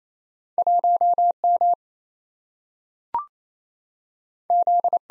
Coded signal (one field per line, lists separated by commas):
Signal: Morse code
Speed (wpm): 28 wpm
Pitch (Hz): 700 Hz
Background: none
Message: 1M Z